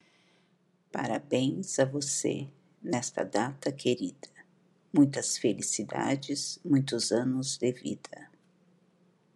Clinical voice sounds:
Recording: short text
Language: Brazilian Portuguese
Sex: female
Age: 50 to 59 years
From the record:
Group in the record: control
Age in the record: 54 years

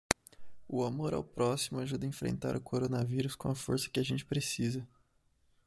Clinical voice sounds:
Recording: spoken sentence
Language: Brazilian Portuguese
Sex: male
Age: 20 to 29 years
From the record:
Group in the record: control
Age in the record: 21 years

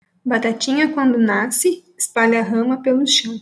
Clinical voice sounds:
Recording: short text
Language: Brazilian Portuguese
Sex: female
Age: 20 to 29 years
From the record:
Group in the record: control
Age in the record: 22 years

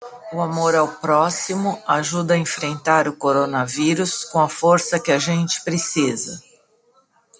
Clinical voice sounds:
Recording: spoken sentence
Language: Brazilian Portuguese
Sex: female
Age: 50 to 59 years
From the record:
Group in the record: control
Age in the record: 58 years

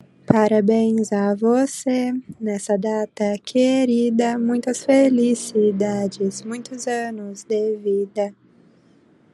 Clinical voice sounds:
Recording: short text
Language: Brazilian Portuguese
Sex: female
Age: 20 to 29 years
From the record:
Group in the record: control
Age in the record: 25 years

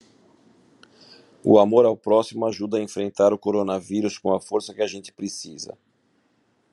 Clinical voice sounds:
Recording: spoken sentence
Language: Brazilian Portuguese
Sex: male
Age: 50 to 59 years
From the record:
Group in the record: control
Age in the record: 55 years

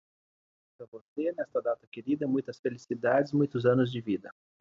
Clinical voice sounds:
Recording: short text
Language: Brazilian Portuguese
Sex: male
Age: 40 to 49 years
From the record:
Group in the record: control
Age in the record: 43 years

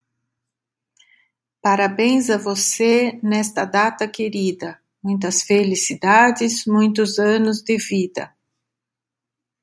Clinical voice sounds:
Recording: short text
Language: Brazilian Portuguese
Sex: female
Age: 60 to 69 years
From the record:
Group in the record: control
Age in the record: 67 years

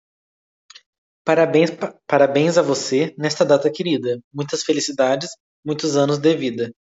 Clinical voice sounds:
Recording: short text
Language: Brazilian Portuguese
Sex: male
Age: 20 to 29 years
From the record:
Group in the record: control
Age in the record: 22 years

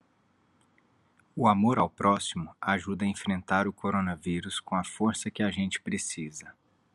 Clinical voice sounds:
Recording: spoken sentence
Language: Brazilian Portuguese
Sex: male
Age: 30 to 39 years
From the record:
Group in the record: control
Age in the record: 38 years

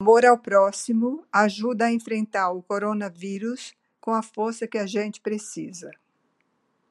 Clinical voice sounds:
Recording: spoken sentence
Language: Brazilian Portuguese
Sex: female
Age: 70 to 79 years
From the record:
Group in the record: control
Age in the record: 73 years

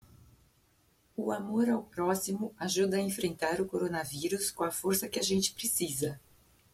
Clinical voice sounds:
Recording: spoken sentence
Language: Brazilian Portuguese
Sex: female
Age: 60 to 69 years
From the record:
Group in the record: control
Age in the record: 60 years

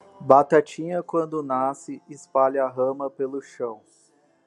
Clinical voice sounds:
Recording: short text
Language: Brazilian Portuguese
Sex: male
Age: 30 to 39 years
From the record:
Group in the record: control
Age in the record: 37 years

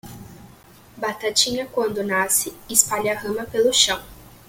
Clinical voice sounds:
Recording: short text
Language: Brazilian Portuguese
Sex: female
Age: 18 to 19 years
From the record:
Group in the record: control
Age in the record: 19 years

